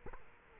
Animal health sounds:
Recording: mosquito wingbeat signal from an infrared sensor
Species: Culex quinquefasciatus

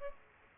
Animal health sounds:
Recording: mosquito wingbeat signal from an infrared sensor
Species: Aedes aegypti

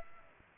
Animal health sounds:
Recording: mosquito wingbeat signal from an infrared sensor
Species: Aedes aegypti

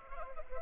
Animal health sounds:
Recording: mosquito wingbeat signal from an infrared sensor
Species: Culex pipiens

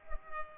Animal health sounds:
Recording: mosquito wingbeat signal from an infrared sensor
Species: Culex pipiens

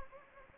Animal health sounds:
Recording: mosquito wingbeat signal from an infrared sensor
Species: Anopheles gambiae

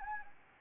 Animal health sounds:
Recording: mosquito wingbeat signal from an infrared sensor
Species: Anopheles arabiensis

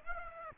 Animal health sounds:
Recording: mosquito wingbeat signal from an infrared sensor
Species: Aedes aegypti

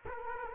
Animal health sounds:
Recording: mosquito wingbeat signal from an infrared sensor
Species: Culex quinquefasciatus

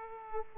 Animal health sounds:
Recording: mosquito wingbeat signal from an infrared sensor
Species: Aedes aegypti

